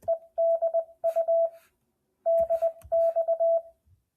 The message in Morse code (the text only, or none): ED U DX